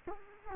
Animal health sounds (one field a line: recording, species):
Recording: mosquito wingbeat signal from an infrared sensor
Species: Culex quinquefasciatus